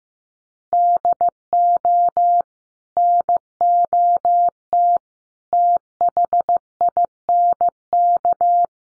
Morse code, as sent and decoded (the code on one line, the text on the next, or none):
-.. --- / -. --- - / - .... .. -. -.-
DO NOT THINK